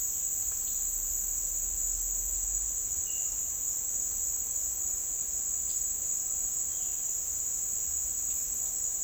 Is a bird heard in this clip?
no